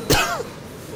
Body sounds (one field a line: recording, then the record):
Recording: coughing mixed with background sound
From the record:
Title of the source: Coughing 51